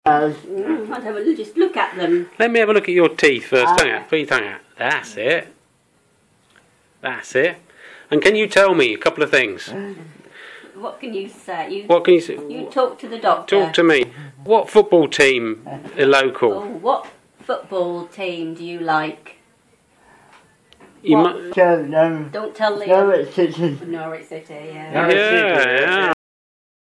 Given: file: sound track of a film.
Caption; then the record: F1:S2 sitting on an armchair (at 21 years old) He wears glasses and hearing aids. He is able to understand some questions with a delay and obeys commands. Hearing is impaired. His speech is spastic-dysarthric. He has teeth abnormalities and bilateral clonus of the ankles.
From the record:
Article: Bi-allelic LETM1 variants perturb mitochondrial ion homeostasis leading to a clinical spectrum with predominant nervous system involvement